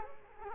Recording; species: mosquito wingbeat signal from an infrared sensor; Culex quinquefasciatus